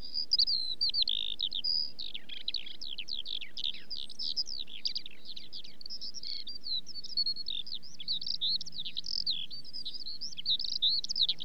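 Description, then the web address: Eurasian skylark song, a continuous rapid stream of high warbled, trilled and chirruping notes without pause, over a steady low background rumble. Song given during song flight. "BBC Sound Effects Library. Skylark"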